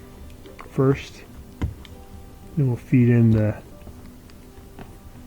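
Someone talks while feeding the wire into the opening in a Tesla door trim panel, then handles the plastic projector puddle light housing toward its opening, with a few faint ticks and taps of handling. Nothing has seated or clicked yet.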